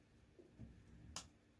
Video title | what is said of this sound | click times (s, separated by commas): M4 Rotary Hop - Tutorial | There you go, that clicked. | 1.2 s